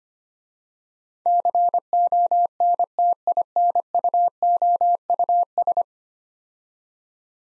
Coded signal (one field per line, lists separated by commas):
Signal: Morse code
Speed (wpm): 25 wpm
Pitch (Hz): 700 Hz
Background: none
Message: CONTINUOUS